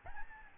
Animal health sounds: mosquito wingbeat signal from an infrared sensor; Aedes albopictus

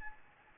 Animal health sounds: mosquito wingbeat signal from an infrared sensor; Anopheles gambiae

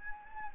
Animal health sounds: mosquito wingbeat signal from an infrared sensor; Anopheles gambiae

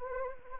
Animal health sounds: mosquito wingbeat signal from an infrared sensor; Anopheles arabiensis

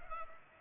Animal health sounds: mosquito wingbeat signal from an infrared sensor; Culex pipiens

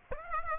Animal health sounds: mosquito wingbeat signal from an infrared sensor; Aedes aegypti

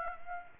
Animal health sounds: mosquito wingbeat signal from an infrared sensor; Aedes aegypti

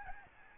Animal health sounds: mosquito wingbeat signal from an infrared sensor; Aedes albopictus

